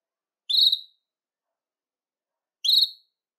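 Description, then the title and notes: Belgian canary: two brief, bright whistled notes with high overtones, about two seconds apart, with silence between. "Canario Belga, nyonyastudio"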